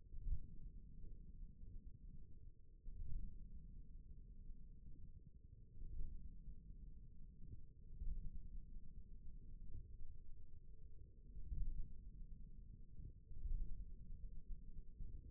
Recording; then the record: forearm muscle sounds (acoustic myography)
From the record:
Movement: finger pinch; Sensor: system 1, eight BSWA MPA416 microphones around the upper forearm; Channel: 1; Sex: male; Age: 41 years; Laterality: right